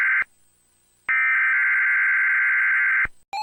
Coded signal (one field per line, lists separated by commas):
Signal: Emergency Alert System (SAME) tones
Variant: header bursts